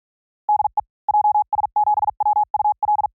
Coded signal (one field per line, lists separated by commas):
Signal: Morse code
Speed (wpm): 48 wpm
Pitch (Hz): 840 Hz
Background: none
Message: DE JS7WUL